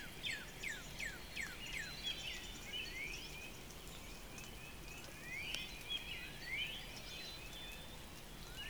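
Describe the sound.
Northern Cardinal song, a run of quick descending whistled slurs followed later by rising slurred phrases.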